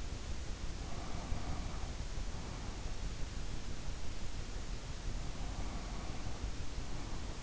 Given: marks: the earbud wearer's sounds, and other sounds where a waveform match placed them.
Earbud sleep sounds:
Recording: sounds in sleep by an in-ear microphone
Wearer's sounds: breath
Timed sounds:
0.71-2.98 s: breath
5.35-7.43 s: breath

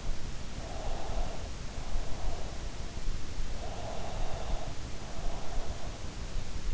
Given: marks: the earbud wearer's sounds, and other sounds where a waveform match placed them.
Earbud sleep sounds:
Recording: sounds in sleep by an in-ear microphone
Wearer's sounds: breath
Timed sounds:
0.50-2.61 s: breath
3.70-5.81 s: breath

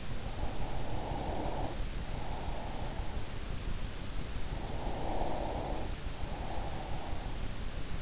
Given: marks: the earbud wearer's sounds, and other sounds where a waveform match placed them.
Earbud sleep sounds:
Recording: sounds in sleep by an in-ear microphone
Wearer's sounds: breath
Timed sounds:
0.00-3.32 s: breath
4.35-7.55 s: breath

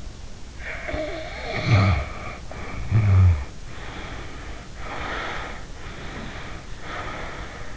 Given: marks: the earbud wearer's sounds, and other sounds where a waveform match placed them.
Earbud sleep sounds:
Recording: sounds in sleep by an in-ear microphone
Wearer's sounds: snoring breath, breath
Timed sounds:
0.50-3.62 s: snoring breath
3.69-5.76 s: breath
5.80-7.77 s: breath

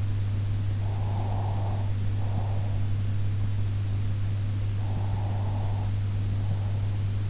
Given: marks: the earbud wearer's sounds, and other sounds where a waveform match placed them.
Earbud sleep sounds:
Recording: sounds in sleep by an in-ear microphone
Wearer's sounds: breath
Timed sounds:
0.67-2.87 s: breath
4.79-6.93 s: breath

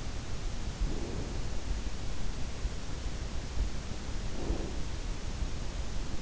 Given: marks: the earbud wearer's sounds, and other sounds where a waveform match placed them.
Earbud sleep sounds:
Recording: sounds in sleep by an in-ear microphone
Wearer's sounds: breath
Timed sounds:
0.43-2.11 s: breath
3.86-5.28 s: breath

